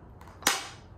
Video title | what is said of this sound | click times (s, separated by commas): Step on Burton (Heel play issue) | two two clicks that means you're secured | 0.5 s